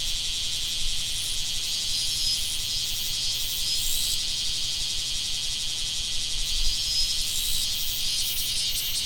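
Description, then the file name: Bear cicada buzzing song, a dense continuous high hiss with faint pulsing, held steadily throughout. "クマゼミ"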